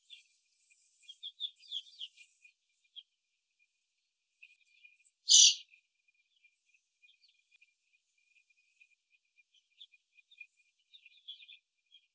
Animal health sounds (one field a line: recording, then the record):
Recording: young laying hens in a cage, short pieces joined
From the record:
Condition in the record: after the stressor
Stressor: simulated dog barking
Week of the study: 2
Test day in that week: 2